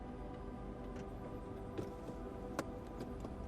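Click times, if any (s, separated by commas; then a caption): 2.6 s, 3.2 s. The power fabric soft top of an AMG C 63 S Cabriolet closes over the cabin against a steady, tonal background hum. Two short clicks, a sharp one at 2.6 s and a fainter one at 3.3 s, mark the top locking into place on the windshield header, confirmed as seated.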